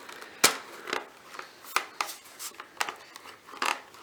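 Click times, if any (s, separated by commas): none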